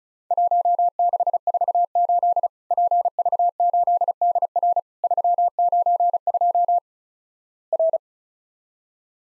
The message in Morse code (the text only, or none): 1648 PV8DR 392 R